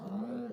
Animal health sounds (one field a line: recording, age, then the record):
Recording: pig call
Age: piglet (1 to 25 days)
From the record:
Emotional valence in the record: negative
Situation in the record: short isolation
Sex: female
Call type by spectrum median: low-frequency call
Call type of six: low-frequency modulated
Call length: 0.53 s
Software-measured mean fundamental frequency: 55 Hz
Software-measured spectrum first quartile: 216 Hz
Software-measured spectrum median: 287 Hz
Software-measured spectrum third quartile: 560 Hz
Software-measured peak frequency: 215 Hz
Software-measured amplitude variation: 115 dB a second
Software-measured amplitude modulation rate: 22.6 a second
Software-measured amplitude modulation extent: 5.1 dB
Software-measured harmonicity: 8.5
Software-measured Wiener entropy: -0.36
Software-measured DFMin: 1178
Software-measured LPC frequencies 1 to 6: 2615, 3924, 5298, 9315, 10267, 11218 Hz